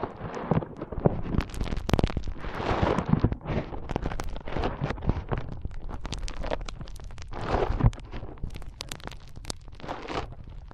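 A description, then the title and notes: Foam is squeezed and rubbed in a dense, continuous stream of crackling, popping sounds with no pauses. Sharp snaps fire rapidly and irregularly throughout, mixed with soft rushing swells that rise and fall every second or two, and a steady low rumble underneath. ASMR Powerful Foam Brain Massage.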